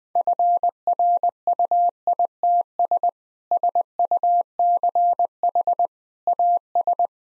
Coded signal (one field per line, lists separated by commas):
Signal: Morse code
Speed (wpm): 20 wpm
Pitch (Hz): 700 Hz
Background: none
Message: FRUITS SUCH AS